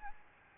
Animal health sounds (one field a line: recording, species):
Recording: mosquito wingbeat signal from an infrared sensor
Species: Aedes albopictus